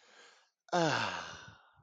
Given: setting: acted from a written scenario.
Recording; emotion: vocal sound without words; contentment